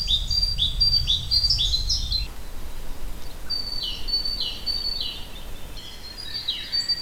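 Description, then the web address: Great tit singing a repeated two-note seesaw phrase, high then lower, in quick succession, with a low rumbling noise during the first two seconds. Territorial song. "natura bioacustica canti canto territoriale cinciallegra parus major great tit carbonero comun"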